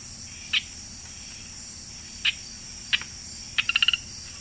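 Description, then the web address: Eleutherodactylus lanthanites frog giving short, sharp chirping notes, three spaced singly, then a rapid burst of about six clicks, over a steady high insect hiss. Recorded in the Ecuadorian Amazon. "Natures Songs. Frogs of Ecuadorian Amazon Eleutherodactylus lanthanites"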